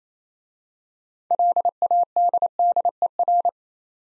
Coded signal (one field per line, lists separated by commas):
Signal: Morse code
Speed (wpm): 28 wpm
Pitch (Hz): 700 Hz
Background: none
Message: LADDER